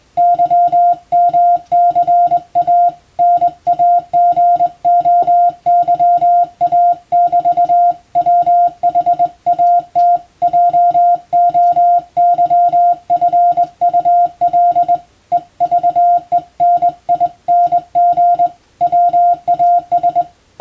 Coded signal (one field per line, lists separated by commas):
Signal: Morse code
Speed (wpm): 20 wpm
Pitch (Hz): 700 Hz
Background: music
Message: YMCA NAGOYA<BT>WHAT JOYFUL EVENING WAS